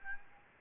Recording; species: mosquito wingbeat signal from an infrared sensor; Aedes albopictus